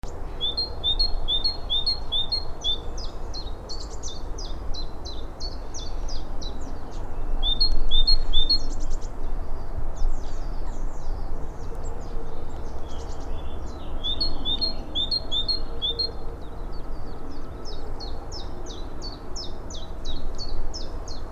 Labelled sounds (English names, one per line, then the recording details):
Great Tit
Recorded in the wild
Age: adult
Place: Karower Teiche, Naturpark Barnim, Berlin, DE
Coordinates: 52.6222, 13.4597
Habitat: pond
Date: 1993-04-14 10:45
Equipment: Aiwa HD-S1, Sennheiser ME 88
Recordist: Frommolt, Karl-Heinz